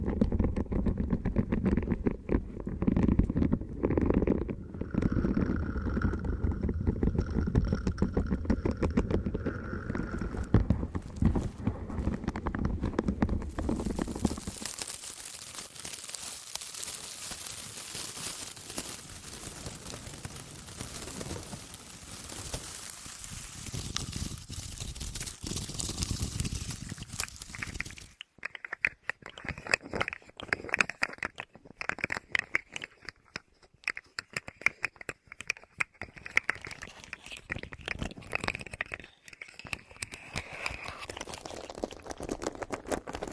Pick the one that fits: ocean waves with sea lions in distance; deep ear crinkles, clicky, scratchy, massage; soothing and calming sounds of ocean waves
deep ear crinkles, clicky, scratchy, massage